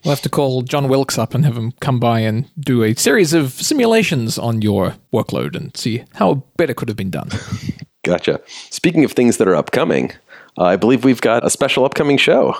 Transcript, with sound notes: We'll have to call John Wilkes up and have him come by and do a series of simulations on your workload and see how better it could have been done.
[CHUCKLES] Gotcha. Speaking of things that are upcoming, I believe we've got a special upcoming show.